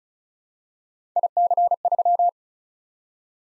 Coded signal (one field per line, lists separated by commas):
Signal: Morse code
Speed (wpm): 36 wpm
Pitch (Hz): 700 Hz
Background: none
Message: IC3